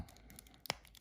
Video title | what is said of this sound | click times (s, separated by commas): Mattel Masters of the Universe Masterverse “New Eternia” Man-At-Arms action figure!!! | there it is heard it pop there's the fist him with the fist | 0.7 s